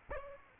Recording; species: mosquito wingbeat signal from an infrared sensor; Aedes aegypti